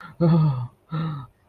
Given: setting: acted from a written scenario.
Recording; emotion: vocal sound without words; fear